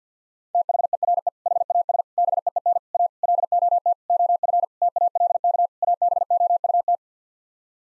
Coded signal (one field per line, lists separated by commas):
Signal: Morse code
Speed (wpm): 50 wpm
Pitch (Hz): 700 Hz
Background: none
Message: THERE HAS BEEN A LOT OF TALK ABOUT